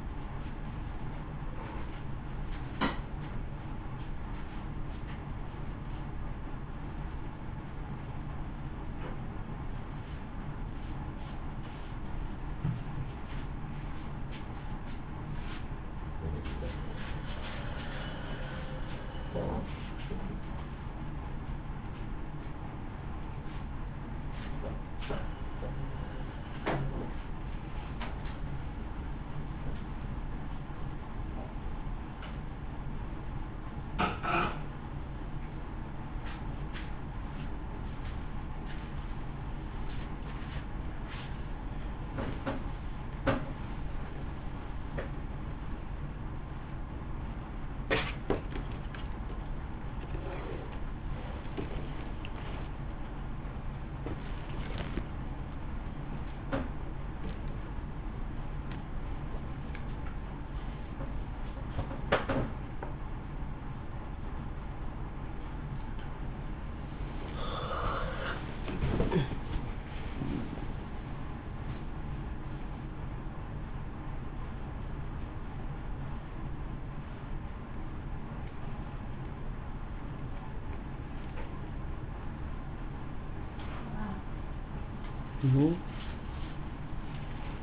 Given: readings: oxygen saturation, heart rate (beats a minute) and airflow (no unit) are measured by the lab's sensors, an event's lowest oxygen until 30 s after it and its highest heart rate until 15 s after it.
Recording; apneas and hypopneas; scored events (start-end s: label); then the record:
a person awake in a sleep study, by a smartphone at the bedside; none
0.00-87.63 s: awake
0.00-87.63 s: awake
From the record:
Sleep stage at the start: awake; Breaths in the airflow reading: 33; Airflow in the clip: -0.9 to 0.8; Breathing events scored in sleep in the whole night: 328 in 6.3 hours asleep